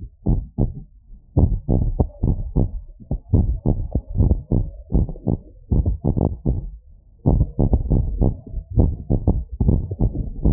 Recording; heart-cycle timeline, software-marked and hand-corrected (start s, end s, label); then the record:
heart sounds
0.00	0.27	diastole
0.27	0.41	S1
0.41	0.59	systole
0.59	0.71	S2
0.71	1.36	diastole
1.36	1.43	S1
1.43	1.70	systole
1.70	1.81	S2
1.81	2.23	diastole
2.23	2.31	S1
2.31	2.56	systole
2.56	2.68	S2
2.68	3.33	diastole
3.33	3.47	S1
3.47	3.67	systole
3.67	3.79	S2
3.79	4.19	diastole
4.19	4.37	S1
4.37	4.57	systole
4.57	4.65	S2
4.65	4.95	diastole
4.95	5.07	S1
5.07	5.27	systole
5.27	5.37	S2
5.37	5.73	diastole
5.73	5.87	S1
5.87	6.05	systole
6.05	6.13	S2
6.13	6.47	diastole
6.47	6.59	S1
6.59	6.79	systole
6.79	6.89	S2
6.89	7.27	diastole
7.27	7.39	S1
7.39	7.53	systole
7.53	7.59	S2
7.59	7.89	diastole
7.89	8.03	S1
8.03	8.19	systole
8.19	8.33	S2
8.33	8.77	diastole
8.77	8.93	S1
8.93	9.11	systole
9.11	9.23	S2
9.23	9.65	diastole
9.65	9.81	S1
9.81	10.01	systole
10.01	10.13	S2
10.13	10.45	diastole
10.45	10.53	S1
From the record:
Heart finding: abnormal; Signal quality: good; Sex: male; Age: 61 years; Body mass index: 26.4